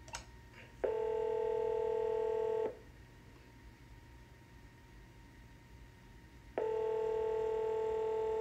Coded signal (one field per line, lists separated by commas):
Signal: telephone call progress tone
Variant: North America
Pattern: ringback tone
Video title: Avaya IP Office / Patton M-ATA / Otis elevator phone